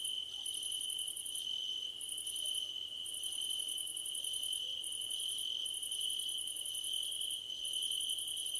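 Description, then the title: Cricket chorus with a continuous high-pitched trill and rapid pulsed chirp bursts roughly once a second, the bursts varying in length with brief pauses between them. Crickets calling at night under a starlit sky. "Nighttime Ambience with Crickets 🌃"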